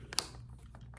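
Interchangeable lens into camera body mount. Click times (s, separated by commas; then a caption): 0.2 s. An interchangeable lens, lined up dot-to-dot with the camera body mount, is twisted into place, with a soft tick just before a sharp, bright bayonet latch click at 0.2 s. A few faint ticks follow near 0.8 and 1.0 s. The lens is seated home.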